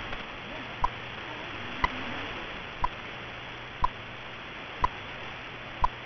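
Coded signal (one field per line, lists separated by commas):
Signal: radio time signal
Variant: BPM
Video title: BPM Chinese Academy of Sciences 10000 kHz - Xian (CHN) - 2023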